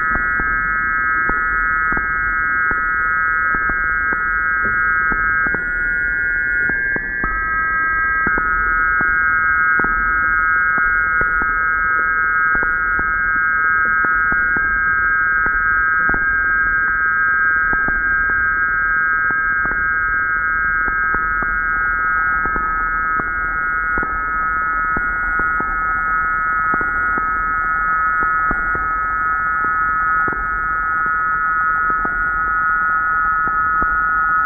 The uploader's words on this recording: This time scavenging sounds from various sources in the small apartment I live in. The EMF flutters, whistles, tones and crackling like the cryptic calls and cries of insects, birds and animals in an environment. This time I’ve used a different EMF detector, one built by Sorte Muld Instruments. Built with fragments of recordings made in the past few days of this third month of a COVID lockdown here in Sydney Australia.